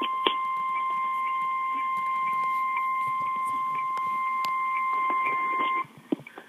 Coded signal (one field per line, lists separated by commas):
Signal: Emergency Alert System (SAME) tones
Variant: 1050 Hz attention tone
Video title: EAS 70 Severe thunderstorm Warning for North Texas